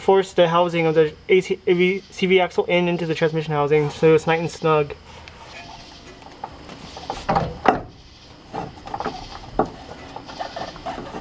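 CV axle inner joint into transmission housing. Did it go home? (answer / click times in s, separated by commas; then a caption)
no / none. The splined inner end of a new CV axle is being worked into the transmission housing, where it should go fully in and snug with its retaining clip. Someone talks for the first five seconds, then quieter handling follows with several sharp knocks between about 7 and 10 seconds. Nothing has seated or clicked yet.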